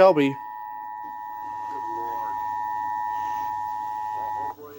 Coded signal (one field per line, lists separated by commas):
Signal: Emergency Alert System (SAME) tones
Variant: 853 and 960 Hz attention tone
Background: speech